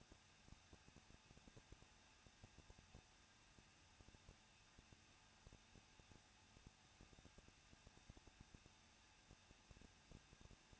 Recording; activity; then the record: daily activity, microphone in the room; no activity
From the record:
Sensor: 2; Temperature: 21.0 degrees Celsius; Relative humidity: 37.3%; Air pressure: 1006.3 hPa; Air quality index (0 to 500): 220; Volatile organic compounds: 23 ppm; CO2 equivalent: 2784 ppm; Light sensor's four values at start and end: 2/3/2/2 and 2/3/2/2